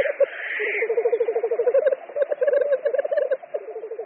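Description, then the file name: Black grouse: rapid bubbling, cooing notes rolling on, with a harsh hissing whoosh at the start and softer overlapping bubbling behind. "Tetřívek-obecný"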